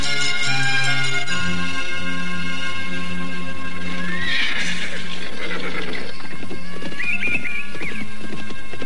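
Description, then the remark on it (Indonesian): A horse whinnies with rising, wavering cries while hooves clip-clop steadily underneath as two riders spur their horses through the gate of the royal city of Galuh at midday, over a low sustained musical drone. “Setelah beristirahat cukup, tepat tengah hari, keduanya memacu kuda mereka memasuki gerbang kota Raja Galuh.”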